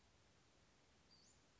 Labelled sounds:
Western Flycatcher (Empidonax difficilis)

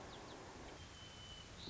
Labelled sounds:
White-crowned Sparrow (Zonotrichia leucophrys)

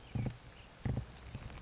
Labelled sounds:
Chestnut-backed Chickadee (Poecile rufescens)

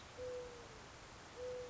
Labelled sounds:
Mourning Dove (Zenaida macroura)

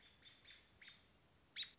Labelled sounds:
American Robin (Turdus migratorius)

